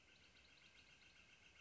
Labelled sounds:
Northern Flicker
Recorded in Sonoma County, California

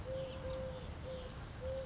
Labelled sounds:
Eurasian Collared Dove
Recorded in Sonoma County, California

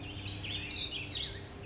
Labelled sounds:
Warbling Vireo
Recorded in Sonoma County, California

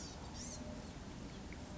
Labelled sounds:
Blue-gray Gnatcatcher
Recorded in Sonoma County, California

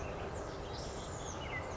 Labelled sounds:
Oak Titmouse
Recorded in Sonoma County, California

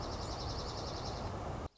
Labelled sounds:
Dark-eyed Junco
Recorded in Sonoma County, California

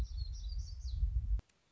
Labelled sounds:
Black-throated Gray Warbler
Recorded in Sonoma County, California

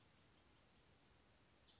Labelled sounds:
Western Flycatcher
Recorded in Sonoma County, California

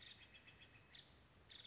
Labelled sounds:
Nuttall's Woodpecker
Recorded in Sonoma County, California

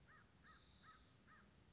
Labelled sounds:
American Crow
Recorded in Sonoma County, California

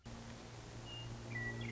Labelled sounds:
Western Meadowlark
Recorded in Sonoma County, California

